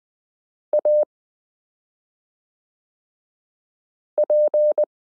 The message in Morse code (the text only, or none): AP